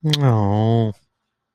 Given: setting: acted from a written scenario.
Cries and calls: vocal sound without words; shame

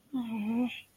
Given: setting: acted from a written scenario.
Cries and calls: vocal sound without words; sadness

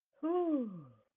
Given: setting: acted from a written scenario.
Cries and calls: vocal sound without words; relief

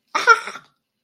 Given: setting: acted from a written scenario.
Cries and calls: vocal sound without words; fear

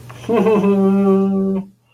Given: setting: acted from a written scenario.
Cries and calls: vocal sound without words; triumph

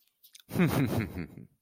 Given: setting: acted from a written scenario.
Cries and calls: vocal sound without words; contempt

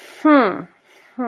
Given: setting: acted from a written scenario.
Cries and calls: vocal sound without words; confusion

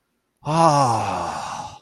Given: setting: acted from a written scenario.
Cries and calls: vocal sound without words; awe

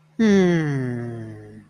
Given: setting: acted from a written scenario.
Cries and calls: vocal sound without words; romantic love

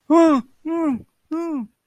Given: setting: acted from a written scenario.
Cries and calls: vocal sound without words; distress

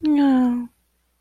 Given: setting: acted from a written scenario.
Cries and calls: vocal sound without words; contentment

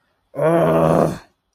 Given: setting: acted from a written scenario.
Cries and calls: vocal sound without words; contempt

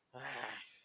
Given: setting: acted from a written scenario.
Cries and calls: vocal sound without words; anger

